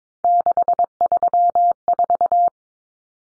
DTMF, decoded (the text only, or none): none